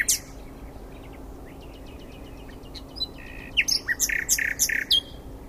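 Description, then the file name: Common nightingale song: soft scattered notes at first, then loud sharp varied notes and trills in quick succession during the last two seconds. "Luscinia megarhynchos"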